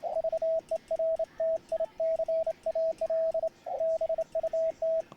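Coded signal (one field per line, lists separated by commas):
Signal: Morse code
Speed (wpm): 27 wpm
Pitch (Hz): 650 Hz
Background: radio noise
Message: VERTICAL BUT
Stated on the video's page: Ragchew sent with a bug key on a homemade multi-band vertical antenna.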